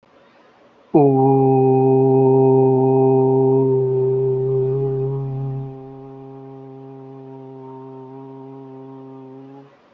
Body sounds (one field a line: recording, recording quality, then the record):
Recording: sustained vowel as in boot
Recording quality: excellent, no background noise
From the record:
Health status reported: healthy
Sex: male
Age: 28 years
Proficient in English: yes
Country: India